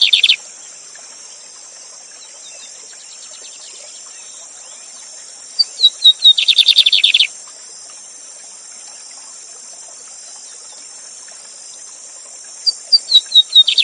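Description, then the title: Lined seedeater song: the end of a buzzy trill, then after a long pause a full phrase of whistled notes and a buzzy trill, and after another pause more whistled notes, over a constant high hiss. Teacher bird singing the Gavião negro song style live beside a waterfall. "Novo Canto de Bigodinho. Bigode Gavião negro professor de canto cantando ao vivo com cascata!"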